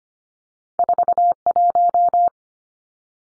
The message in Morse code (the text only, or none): 41